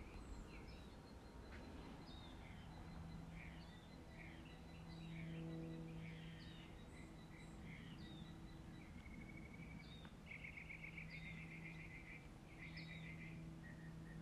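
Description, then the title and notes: Birds singing a mix of scattered chirps and whistles, with fast rattling trills later on, over low hum and background noise. Birds singing in the morning. "birds 🐦 singing. Good Morning"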